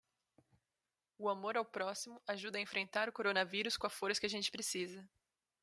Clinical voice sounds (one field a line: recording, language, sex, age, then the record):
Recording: spoken sentence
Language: Brazilian Portuguese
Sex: female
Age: 20 to 29 years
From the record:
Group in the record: control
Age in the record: 29 years